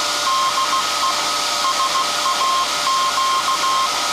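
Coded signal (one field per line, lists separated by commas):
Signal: Morse code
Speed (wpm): 15 wpm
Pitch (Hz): 1060 Hz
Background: none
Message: DE SAQ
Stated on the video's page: Alexanderson Alternator SAQ from 1924 at Grimeton, live startup and telegraphing of a message; no transmission over the antenna possible.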